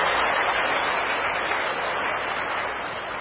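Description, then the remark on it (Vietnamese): An audience of students in a university lecture hall claps in a steady, dense wash of applause that holds for about three seconds, easing slightly in loudness toward the end, with no voices over it. “Xin quý vị cho một tràng pháo tay tán thán.”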